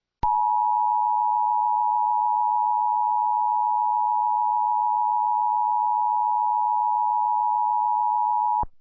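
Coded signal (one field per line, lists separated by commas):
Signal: Emergency Alert System (SAME) tones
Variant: 853 and 960 Hz attention tone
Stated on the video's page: Real tornado warning alert for a supercell thunderstorm.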